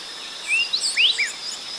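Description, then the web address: Speckle-breasted wren whistling a fast sequence of sliding notes, several sweeping upward, with a persistent high insect buzz throughout. Ecuador. "Birds of Ecuador Speckle-breasted Wren"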